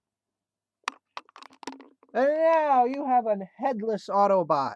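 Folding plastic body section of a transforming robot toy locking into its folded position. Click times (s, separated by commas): 0.9 s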